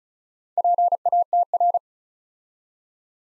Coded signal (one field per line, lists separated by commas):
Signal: Morse code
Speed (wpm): 36 wpm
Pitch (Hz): 700 Hz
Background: none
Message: PATR